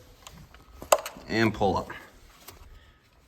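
A plastic wiring harness connector on an ignition coil of a 2022 Acura MDX is released by pushing up on its latch until it clicks open at 0.9 s, then pulled off. Someone talks after the click, and a few faint taps are heard around it.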